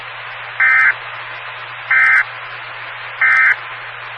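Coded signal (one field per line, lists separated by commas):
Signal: Emergency Alert System (SAME) tones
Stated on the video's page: Received on a 145.2300 MHz Skywarn amateur repeater.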